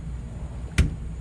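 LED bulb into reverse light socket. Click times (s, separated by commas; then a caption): 0.8 s. An LED reverse-light bulb is pushed into its socket in the tail-light housing of an ND MX-5 Miata, a little difficult to pop in. Over a low steady background, it gives one sharp, short click at 0.8 s. The bulb seats and holds firmly so it won't come loose.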